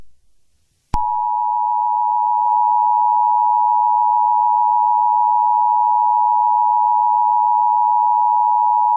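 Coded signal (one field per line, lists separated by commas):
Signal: Emergency Alert System (SAME) tones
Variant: 853 and 960 Hz attention tone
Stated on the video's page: Fictional EAS scenario.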